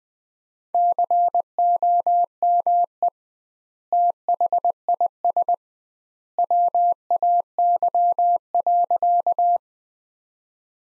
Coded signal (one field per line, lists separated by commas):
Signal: Morse code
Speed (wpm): 21 wpm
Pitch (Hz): 700 Hz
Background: none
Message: COME THIS WAY.